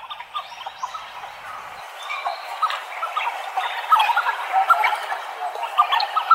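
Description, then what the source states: Tufted duck calls: rapid, uneven chattering notes that grow louder after the first two seconds. Recorded at Toneri Park, Tokyo, Japan.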